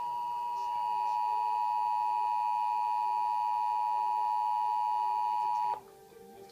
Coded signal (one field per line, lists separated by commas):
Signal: Emergency Alert System (SAME) tones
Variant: 853 and 960 Hz attention tone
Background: speech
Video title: KTVT National Periodic Test (EAS #4).